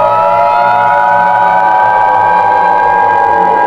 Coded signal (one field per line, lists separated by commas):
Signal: Emergency Alert System (SAME) tones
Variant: 853 and 960 Hz attention tone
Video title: EAS Scenario: Black Hole REMASTERED